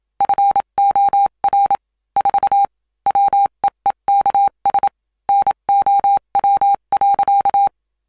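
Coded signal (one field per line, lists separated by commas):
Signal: Morse code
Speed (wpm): 27 wpm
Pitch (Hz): 800 Hz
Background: none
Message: FOR 4 WEEKS NOW.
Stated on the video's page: SOS Morse code sound effect, various World War style Morse transmitter sounds.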